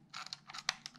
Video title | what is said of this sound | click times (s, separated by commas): My Take on Sony FDR-AX33 - talk about buttons on the Camera | gotta line it up properly and the minute you hear that click that's it | 0.7 s